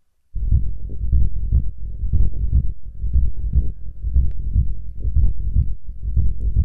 That is the sound of a pig's heart, the lub-dub, and that device is sitting on top of a pile of food in the stomach of the pig.